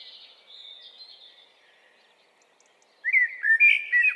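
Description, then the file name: Eurasian blackbird: a faint high thin sound at first, then a loud, rich warbled phrase of slurred fluting notes starting about three seconds in. "Turdus merula"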